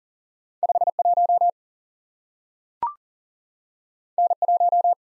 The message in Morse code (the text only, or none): 5 1 N 1